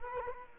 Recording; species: mosquito wingbeat signal from an infrared sensor; Culex quinquefasciatus